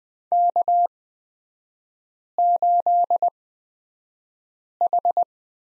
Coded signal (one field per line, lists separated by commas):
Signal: Morse code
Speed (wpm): 20 wpm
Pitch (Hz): 700 Hz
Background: none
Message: K8H